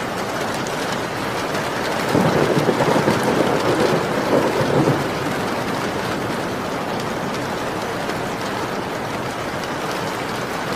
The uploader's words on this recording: Rainy thunderstorm. There's a small thunderstorm just outside your windows. You can hear the thunder but what you hear most is the rain hitting against your windows.